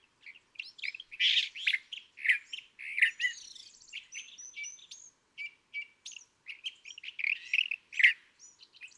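California thrasher singing a long rambling medley of rough churrs, squeaky notes and clear thin whistles, phrases jumbled together with brief pauses between bursts.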